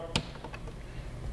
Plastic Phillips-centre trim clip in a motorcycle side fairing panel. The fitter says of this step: push down lock into place got